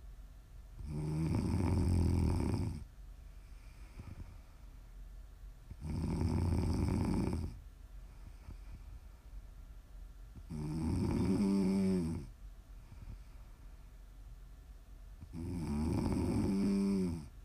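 An adult sleeper snoring: four loud, rough inspiratory snores with a low fluttering buzz, about 13 per minute, with quieter breathing out between them.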